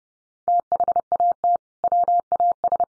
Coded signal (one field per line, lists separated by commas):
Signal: Morse code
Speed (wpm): 30 wpm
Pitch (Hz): 700 Hz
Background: none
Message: THAT WAS